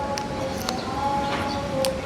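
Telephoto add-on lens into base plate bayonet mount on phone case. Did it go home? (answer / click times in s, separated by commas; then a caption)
yes / 1.9 s. A heavy telephoto add-on lens for the vivo X300 Pro is inserted into the bayonet mount on the phone case base plate and twisted. Short clicks sound at 0.2 s and 0.7 s. The lens locks home with a sharp click at 1.9 s after the mounting is redone because the first click was quiet.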